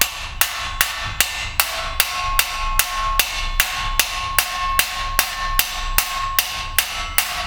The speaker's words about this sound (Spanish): Es que estaba mi hermano martilleando ahí. ¿Qué martillo es esto? El borde de la placa. Y este es el sonido habitual.